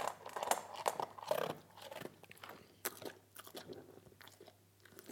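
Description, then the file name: Dog biting and crunching food, rapid uneven chews that start busy and fade toward the end. Dog eating. "Hund frisst"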